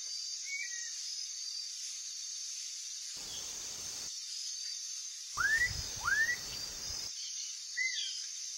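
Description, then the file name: Black-capped donacobius song: two loud rising whistled notes in quick succession, with a few fainter calls before and after, over a steady high insect hiss. "Canto do japacanim"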